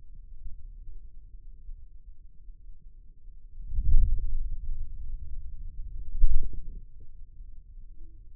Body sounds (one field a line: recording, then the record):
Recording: forearm muscle sounds (acoustic myography)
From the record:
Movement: wrist flexion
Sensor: system 2, bracelet of six BSWA MPA416 microphones around the upper forearm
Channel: 4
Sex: male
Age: 22 years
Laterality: right